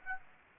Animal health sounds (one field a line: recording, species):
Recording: mosquito wingbeat signal from an infrared sensor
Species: Aedes aegypti